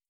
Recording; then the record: hydrophone in a shrimp aquaculture tank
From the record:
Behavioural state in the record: starved